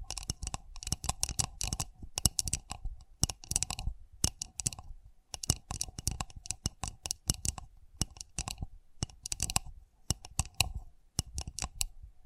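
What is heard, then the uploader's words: Delicate tapping comes in quick flurries of sharp little clicks, grouped into bursts with brief pauses between, continuing across the whole stretch. Each tap has a soft low knock under a crisp bright tick, and a faint steady ring hangs in the middle behind them. Sensitive Tapping.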